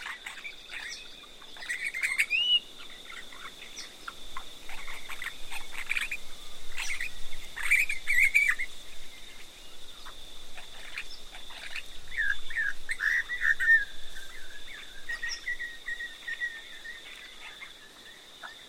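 Outback red gum forest with a steady high insect whine, scattered bird chirps and short song phrases around seconds 2, 8 and 13.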